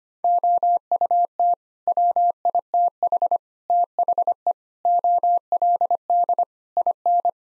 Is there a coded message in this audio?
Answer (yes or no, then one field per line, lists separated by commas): yes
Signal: Morse code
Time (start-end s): 0.2-7.3 s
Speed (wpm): 25 wpm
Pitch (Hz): 700 Hz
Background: none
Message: OUT WITH THE OLD IN